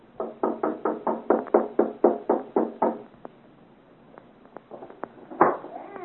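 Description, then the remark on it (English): Someone raps on a door in a steady run of about a dozen firm, hollow knocks, then a pause with a few faint taps and one louder thud near the end. “Knock again.”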